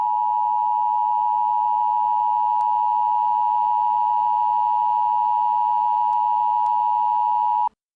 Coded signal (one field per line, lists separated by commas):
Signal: Emergency Alert System (SAME) tones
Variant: 853 and 960 Hz attention tone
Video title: Arrowverse EAS 1: Flash 1.01